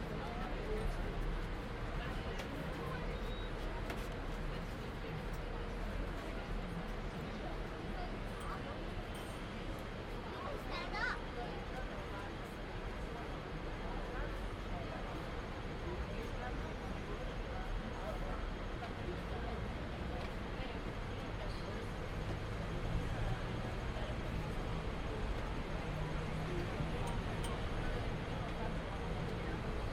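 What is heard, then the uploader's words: Nighttime city noise: a steady, dense wash of distant traffic and urban hum fills the whole half minute, with a constant low rumble underneath. Faint voices murmur in the background, and a brief brighter sound rises around the ten-second mark. Nighttime City Noise.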